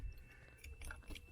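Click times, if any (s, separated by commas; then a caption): none. A remote start piggyback harness connector from an Accessorides kit is handled at the ignition harness plug under the dash of a 2010–2019 5th Gen Toyota 4Runner with a G key, before it is pushed in until its plastic latch clicks. Faint handling taps and rustles come at about 0.6, 0.9 and 1.2 seconds over a low background hum. Nothing has seated or clicked yet.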